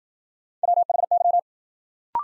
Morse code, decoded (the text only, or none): WHY